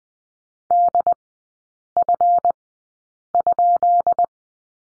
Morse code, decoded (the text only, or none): DF?